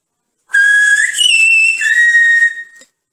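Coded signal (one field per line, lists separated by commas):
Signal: whistled language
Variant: Silbo Gomero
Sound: one clear whistle in three pitch segments: low, higher, then mid, about two seconds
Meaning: The whistled word means hen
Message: Gallina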